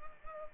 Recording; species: mosquito wingbeat signal from an infrared sensor; Culex pipiens